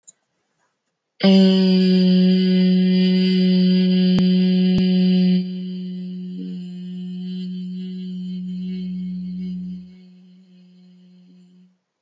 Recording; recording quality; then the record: sustained vowel as in made; excellent, no background noise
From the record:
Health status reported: healthy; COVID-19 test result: negative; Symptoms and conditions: none ticked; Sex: female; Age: 35 years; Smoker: yes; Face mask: not worn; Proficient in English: yes